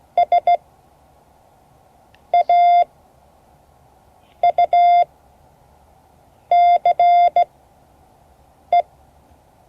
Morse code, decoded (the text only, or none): SAUCE